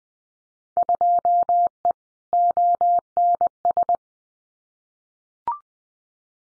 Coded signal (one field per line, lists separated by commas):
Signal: Morse code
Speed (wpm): 20 wpm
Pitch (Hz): 700 Hz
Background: none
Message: 2E ONS